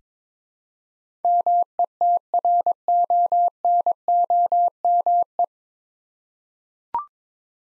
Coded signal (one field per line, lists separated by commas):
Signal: Morse code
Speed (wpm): 22 wpm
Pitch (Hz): 700 Hz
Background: none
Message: METRONOME